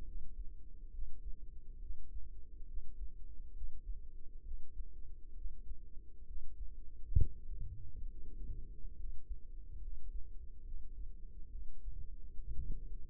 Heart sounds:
heart sounds by microphone in the right ear; 68 bpm
0.03 s: heartbeat
0.90 s: heartbeat
1.78 s: heartbeat
2.65 s: heartbeat
3.52 s: heartbeat
4.42 s: heartbeat
5.33 s: heartbeat
6.24 s: heartbeat
7.15 s: heartbeat
8.06 s: heartbeat
8.95 s: heartbeat
9.78 s: heartbeat
10.63 s: heartbeat
11.49 s: heartbeat
12.36 s: heartbeat
From the record:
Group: healthy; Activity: rest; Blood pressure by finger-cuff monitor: 125/78 mmHg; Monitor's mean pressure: 96 mmHg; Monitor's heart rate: 68 bpm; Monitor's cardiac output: 5.5 L/min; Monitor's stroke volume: 81 mL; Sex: male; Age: 35 years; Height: 178 cm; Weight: 64 kg

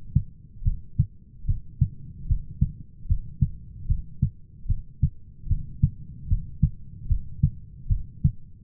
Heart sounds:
heart sounds by stethoscope; 75 bpm
0.65 s: heartbeat
1.48 s: heartbeat
2.29 s: heartbeat
3.09 s: heartbeat
3.89 s: heartbeat
4.69 s: heartbeat
5.50 s: heartbeat
6.30 s: heartbeat
7.09 s: heartbeat
7.90 s: heartbeat
From the record:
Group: heart failure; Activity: rest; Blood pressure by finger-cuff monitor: 107/77 mmHg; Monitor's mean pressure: 88 mmHg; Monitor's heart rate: 74 bpm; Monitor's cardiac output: 6.4 L/min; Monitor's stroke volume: 87 mL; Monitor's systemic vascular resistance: 1000 dyn s/cm5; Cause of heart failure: idiopathic cardiomyopathy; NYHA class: 1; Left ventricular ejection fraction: 50%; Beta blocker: bisoprolol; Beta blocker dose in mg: 5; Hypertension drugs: candesartan, spironolactone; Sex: male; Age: 54 years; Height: 180 cm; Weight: 94.6 kg

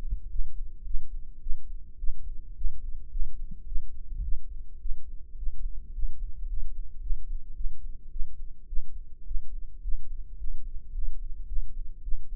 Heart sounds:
heart sounds by microphone in the right ear; 107 bpm
0.30 s: heartbeat
0.85 s: heartbeat
1.41 s: heartbeat
1.98 s: heartbeat
2.56 s: heartbeat
3.11 s: heartbeat
3.66 s: heartbeat
4.23 s: heartbeat
4.80 s: heartbeat
5.37 s: heartbeat
5.94 s: heartbeat
6.48 s: heartbeat
7.01 s: heartbeat
7.55 s: heartbeat
8.10 s: heartbeat
8.67 s: heartbeat
9.25 s: heartbeat
9.82 s: heartbeat
10.38 s: heartbeat
10.93 s: heartbeat
11.47 s: heartbeat
12.03 s: heartbeat
From the record:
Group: healthy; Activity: rest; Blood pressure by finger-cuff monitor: 128/75 mmHg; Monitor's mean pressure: 90 mmHg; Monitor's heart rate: 107 bpm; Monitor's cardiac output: 8.9 L/min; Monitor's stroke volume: 83 mL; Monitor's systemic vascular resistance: 740 dyn s/cm5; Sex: female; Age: 19 years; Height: 163 cm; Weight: 51 kg

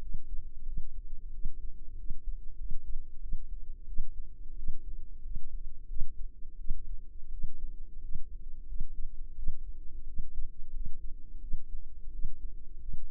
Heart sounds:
heart sounds by microphone in the left ear; 89 bpm
0.64 s: heartbeat
1.31 s: heartbeat
1.95 s: heartbeat
2.56 s: heartbeat
3.19 s: heartbeat
3.85 s: heartbeat
4.54 s: heartbeat
5.21 s: heartbeat
5.86 s: heartbeat
6.56 s: heartbeat
7.29 s: heartbeat
8.00 s: heartbeat
8.65 s: heartbeat
9.34 s: heartbeat
10.05 s: heartbeat
10.71 s: heartbeat
11.39 s: heartbeat
12.10 s: heartbeat
12.79 s: heartbeat
From the record:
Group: healthy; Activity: rest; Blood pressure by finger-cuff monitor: 104/58 mmHg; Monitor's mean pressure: 77 mmHg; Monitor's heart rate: 88 bpm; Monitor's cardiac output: 8.4 L/min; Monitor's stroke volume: 95 mL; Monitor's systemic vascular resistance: 660 dyn s/cm5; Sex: female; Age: 24 years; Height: 163 cm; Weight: 55.7 kg

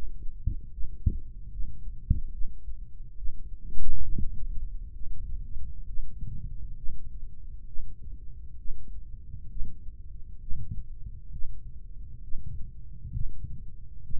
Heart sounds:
heart sounds by microphone in the right ear; 68 bpm
0.72 s: heartbeat
1.51 s: heartbeat
2.33 s: heartbeat
3.17 s: heartbeat
4.04 s: heartbeat
4.95 s: heartbeat
5.88 s: heartbeat
6.78 s: heartbeat
7.68 s: heartbeat
8.59 s: heartbeat
9.51 s: heartbeat
10.42 s: heartbeat
11.33 s: heartbeat
12.23 s: heartbeat
13.14 s: heartbeat
14.04 s: heartbeat
From the record:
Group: healthy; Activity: breath hold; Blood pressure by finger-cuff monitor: 119/84 mmHg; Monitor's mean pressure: 95 mmHg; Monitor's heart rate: 67 bpm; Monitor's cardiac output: 3.3 L/min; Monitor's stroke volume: 49 mL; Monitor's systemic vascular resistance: 2240 dyn s/cm5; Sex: male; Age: 55 years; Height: 167 cm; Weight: 57.2 kg

